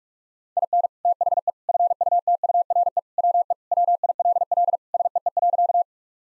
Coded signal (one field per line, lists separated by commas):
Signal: Morse code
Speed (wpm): 41 wpm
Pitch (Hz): 700 Hz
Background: none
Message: IN THE FUTURE WE WILL SEE.